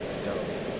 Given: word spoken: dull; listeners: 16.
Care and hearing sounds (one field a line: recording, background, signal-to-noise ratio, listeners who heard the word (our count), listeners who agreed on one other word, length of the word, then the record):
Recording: one English word in noise, from a listening test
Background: speech-shaped noise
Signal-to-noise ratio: -4.2 dB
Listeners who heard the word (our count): 1 of 16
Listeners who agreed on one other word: 6 of 16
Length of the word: 0.40 s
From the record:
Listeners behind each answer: 6, 3, 2, 2, 1, 1, 1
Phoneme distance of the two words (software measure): 20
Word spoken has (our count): 1 syllable, 3 phonemes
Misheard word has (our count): 1 syllable, 3 phonemes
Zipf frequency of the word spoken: 4.04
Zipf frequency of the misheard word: 4.94